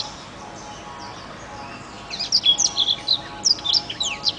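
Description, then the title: Oriental magpie-robin bursting into fast, high whistled phrases after two quieter seconds, over a low steady hum. "Kicau Kacer"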